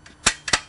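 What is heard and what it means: A locking lever on a folding workbench / stair platform frame is operated to unlock it, giving sharp metallic clicks at 0.3 s and 0.5 s, with a faint tick before them and another loud snap right after. The second workbench lever clicks open and is released.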